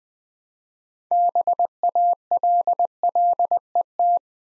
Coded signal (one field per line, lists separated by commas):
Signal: Morse code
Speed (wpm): 20 wpm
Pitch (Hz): 700 Hz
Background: none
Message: BALLET